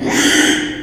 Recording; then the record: squeal of a Yucatan mini pig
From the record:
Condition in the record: after surgery on the right vocal fold (resection and tissue-engineered implant); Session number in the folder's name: 3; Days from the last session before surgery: 33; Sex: male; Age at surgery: 12 weeks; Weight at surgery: 13 kg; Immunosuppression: cyclosporine, prednisolone